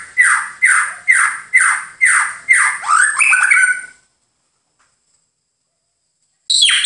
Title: MURAI BATU